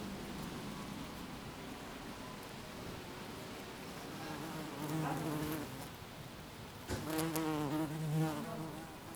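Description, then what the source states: Bee buzzing in two passes, a low drone swelling and fading around the middle and again near the end, against quiet garden ambience. Bees in a garden on a sunny summer day in Jette, Belgium; recorded with Sony PCM-D100 internal microphones in wide position.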